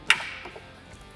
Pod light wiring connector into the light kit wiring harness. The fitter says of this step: make sure you hear them click so we've mounted light one and light two to the four bangers on the a-pillar kit